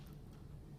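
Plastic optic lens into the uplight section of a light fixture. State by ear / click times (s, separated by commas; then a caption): not seated / none. A molded plastic batwing optic is handled as it is brought to the uplight section of a Slot 2&4 pendant/surface/wall light fixture. Only a steady low handling rumble is heard, with no sharp transients. Nothing has seated or clicked yet.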